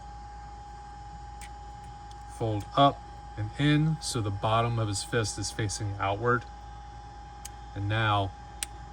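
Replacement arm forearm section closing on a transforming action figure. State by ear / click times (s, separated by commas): seated / 8.6 s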